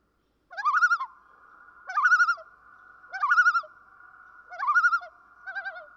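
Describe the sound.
Common loon tremolo: five rapid wavering laughs in quick series, the last one softer, over a faint continuous tone.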